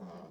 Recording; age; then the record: pig call; piglet (1 to 25 days)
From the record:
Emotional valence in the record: negative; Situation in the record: long isolation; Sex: male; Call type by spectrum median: low-frequency call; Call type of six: low-frequency stable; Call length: 0.30 s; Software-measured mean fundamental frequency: 62 Hz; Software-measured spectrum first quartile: 195 Hz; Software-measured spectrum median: 391 Hz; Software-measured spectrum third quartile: 729 Hz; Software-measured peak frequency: 186 Hz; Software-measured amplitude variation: 82 dB a second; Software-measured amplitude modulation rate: 18.1 a second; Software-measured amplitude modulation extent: 4.5 dB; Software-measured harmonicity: 3.2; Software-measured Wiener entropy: 0.01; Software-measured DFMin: 870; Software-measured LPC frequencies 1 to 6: 549, 1991, 3126, 3991, 4871, 5455 Hz